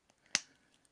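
A plastic limb part from a Beasts of the Mesozoic Dryptosaurus upgrade parts kit is pulled off its ball joint. A single sharp, loud pop at 0.4 s (0.35 s) marks the part coming free, with a few faint ticks before and after. The part is released from the joint.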